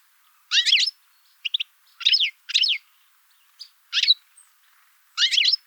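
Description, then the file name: European goldfinch calls: tight bursts of rapid, twittering, liquid notes, several bursts spaced irregularly, each lasting under half a second. "Carduelis carduelis"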